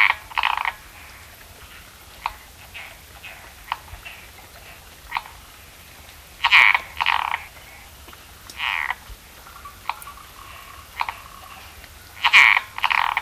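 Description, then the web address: Frog calls: loud raspy croaks at uneven intervals, some doubled, with softer clicks and faint tonal notes in between. "Frogs World. call voice"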